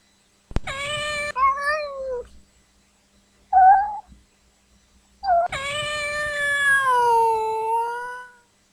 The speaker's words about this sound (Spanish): Gato asustado.